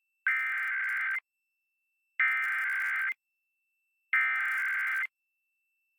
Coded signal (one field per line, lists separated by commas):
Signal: Emergency Alert System (SAME) tones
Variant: header bursts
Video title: EAS #57-60: January 2023 Ohio Required Monthly Test on WNCI FM, WEGW FM, WTOV-TV, & WTRF-TV